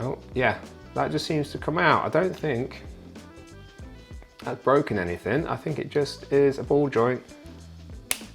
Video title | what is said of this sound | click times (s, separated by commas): S.H Figuarts Dragon Ball Z Frieza Second Form | Yeah, snaps back in. | 8.1 s